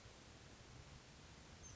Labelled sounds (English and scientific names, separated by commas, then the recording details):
Oak Titmouse (Baeolophus inornatus)
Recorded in Sonoma County, California